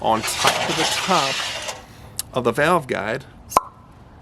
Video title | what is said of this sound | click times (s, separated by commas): Check Valve Guide Clearance, Valve Spring Pressure, Valve Recession, Project Brutus, Episode 15!!! | and when I pull it out and I hear a pop probably in pretty good shape okay so | 3.6 s